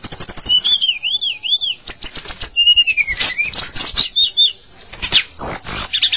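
Bird song with looping whistled phrases mixed with dense clicks and taps, and a few sharp high notes.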